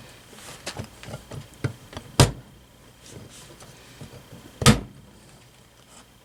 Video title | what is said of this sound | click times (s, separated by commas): Hampton Bay St. Claire Bearing Replacement Part 2 | there we go that time it snapped into place real good | 2.2 s, 4.7 s